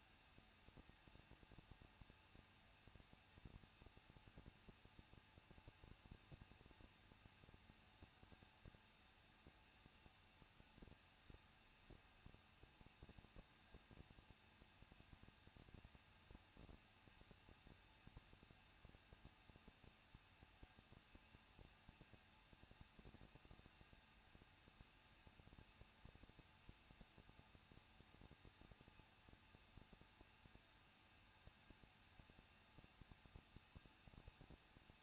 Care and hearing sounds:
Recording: daily activity, microphone in the room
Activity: no activity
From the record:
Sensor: 2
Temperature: 21.0 degrees Celsius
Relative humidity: 37.3%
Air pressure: 1006.3 hPa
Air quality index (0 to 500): 221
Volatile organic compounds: 23 ppm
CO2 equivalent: 2789 ppm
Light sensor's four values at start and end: 2/3/2/2 and 2/3/2/2

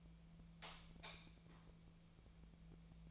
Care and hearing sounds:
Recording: daily activity, microphone in the room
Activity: light off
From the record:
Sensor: 1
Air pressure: 1000.0 hPa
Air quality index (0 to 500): 128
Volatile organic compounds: 2 ppm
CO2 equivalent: 1215 ppm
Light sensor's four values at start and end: 43/115/47/57 and 39/100/42/52

